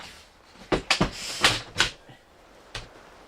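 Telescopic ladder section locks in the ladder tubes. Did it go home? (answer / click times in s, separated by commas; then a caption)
yes / 0.9 s, 1.4 s, 1.8 s. A VEVOR telescopic ladder is extended as far as it goes in a sauna room, with sharp snaps at 0.9, 1.4 and 1.8 seconds as its sections lock into the ladder tubes, plus softer knocks around 0.7 and 2.8 seconds. The sections seat and lock fully extended.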